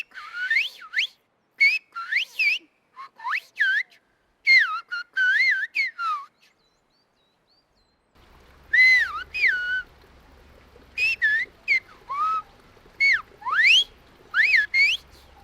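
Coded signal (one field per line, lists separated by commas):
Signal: whistled language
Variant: whistled Béarnais Occitan (Aas)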